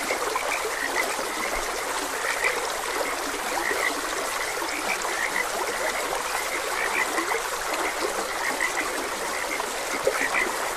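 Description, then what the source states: Frogs keep up a thick chorus of brief, chirping croaks with no break, while water flows steadily in the background. Frogs croaking beside a gentle stream.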